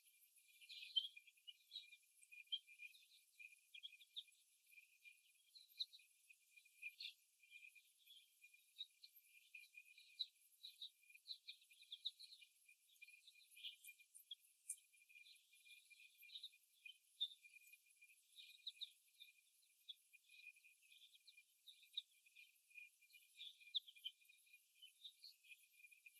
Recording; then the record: young laying hens in a cage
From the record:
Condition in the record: before the stressor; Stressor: simulated dog barking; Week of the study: 1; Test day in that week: 1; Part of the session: 3